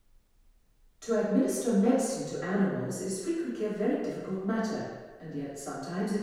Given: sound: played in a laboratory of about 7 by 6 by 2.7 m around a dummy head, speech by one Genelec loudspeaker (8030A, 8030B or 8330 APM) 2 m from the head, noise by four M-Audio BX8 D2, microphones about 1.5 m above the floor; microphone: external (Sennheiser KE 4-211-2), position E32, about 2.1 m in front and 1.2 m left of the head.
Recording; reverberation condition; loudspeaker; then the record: female speech in English; high; 150 degrees to the left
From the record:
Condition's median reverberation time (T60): about 1300 ms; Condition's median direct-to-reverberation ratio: about -4.0 dB